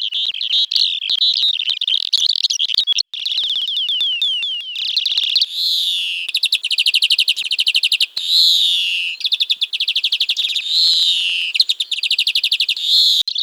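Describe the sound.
Bird song, a fast, varied twittering of high chirps and slurred notes, turning into rapid buzzy trills from about halfway through and continuing to the end.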